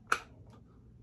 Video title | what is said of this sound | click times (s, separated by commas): Sig P365 X-Macro In A Glock 19 Holster… What?😳 | you can kind of hear it click in | 0.1 s